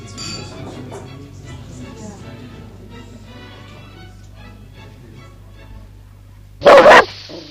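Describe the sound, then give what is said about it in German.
A low, murmuring bed of indistinct voices runs for several seconds, then a sudden loud, sharp dog bark, a quick double burst, cuts in near the end. “Morgen bringe ich dir den Hund in die Wohnung von Oberleutnant Lukas.”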